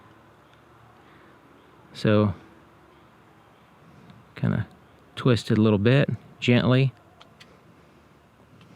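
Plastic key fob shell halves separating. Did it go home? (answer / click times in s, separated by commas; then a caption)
released / 7.2 s, 7.4 s. A plastic Honda key fob shell has a tool gently twisted in its seam after prying, while someone talks. Sharp pops at 7.2 s and 7.4 s mark the two halves of the shell coming apart, and the case pops open.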